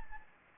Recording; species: mosquito wingbeat signal from an infrared sensor; Anopheles gambiae